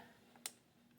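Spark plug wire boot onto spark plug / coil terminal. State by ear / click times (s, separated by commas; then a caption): seated / 0.5 s. A spark plug wire boot on a Dodge Neon is pushed onto its spark plug or coil terminal during a tune-up, with a faint tick at 0.4 s and then one sharp, bright click at 0.5 s over a steady low hum. The boot is seated, and both wires are confirmed good to go.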